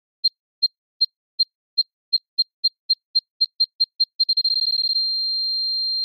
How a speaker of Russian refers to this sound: Индикатор энергии покраснел, просев в ноль, и вибрация сменилась на пиканье. Ускоряющаяся и тревожная.